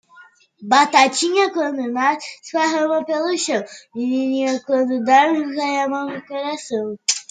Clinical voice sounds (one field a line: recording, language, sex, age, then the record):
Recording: short text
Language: Brazilian Portuguese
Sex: female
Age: 30 to 39 years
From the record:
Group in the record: control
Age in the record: 37 years